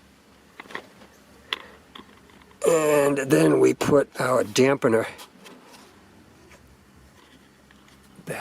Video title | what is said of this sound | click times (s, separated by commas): 2013-17 Subaru Crosstrek Cabin Dust Filter Replacement | when you push it by, it's just going to snap into place just like that. | 1.5 s